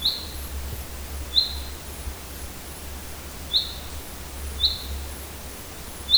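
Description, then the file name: Common chaffinch repeating a single clipped high call note at uneven intervals, five calls, against a constant low drone. "Fringilla coelebs"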